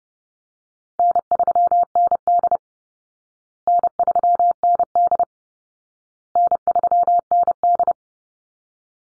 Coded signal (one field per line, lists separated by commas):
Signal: Morse code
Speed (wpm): 30 wpm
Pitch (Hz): 700 Hz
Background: none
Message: N3ND N3ND N3ND